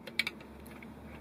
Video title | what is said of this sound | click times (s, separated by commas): Truck 971 Basic Pump Operation | bring it down you can hear it engage and then once you hear that then | 0.2 s